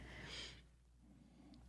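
Adult man, sleeping. Intense snoring, attributed to constant nasal congestion and weight gain.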